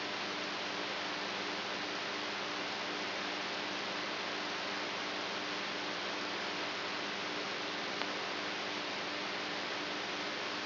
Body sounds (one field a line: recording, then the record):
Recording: brain microelectrode recording played as sound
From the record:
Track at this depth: inside the subthalamic nucleus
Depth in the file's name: 4.913 mm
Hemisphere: right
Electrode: 3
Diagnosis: Parkinson's disease